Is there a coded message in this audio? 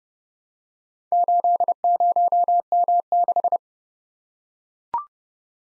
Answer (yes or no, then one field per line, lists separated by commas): yes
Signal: Morse code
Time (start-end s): 1.1-3.6 s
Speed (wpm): 30 wpm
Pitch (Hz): 700 Hz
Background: none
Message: 80M6